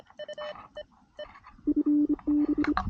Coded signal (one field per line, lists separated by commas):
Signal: Morse code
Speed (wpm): 26 wpm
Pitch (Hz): 300 Hz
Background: none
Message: FB